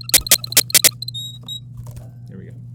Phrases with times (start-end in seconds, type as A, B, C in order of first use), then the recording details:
0.01-0.94 A, 1.14-1.59 B. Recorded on 26 April 2018 at 13:29. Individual llb3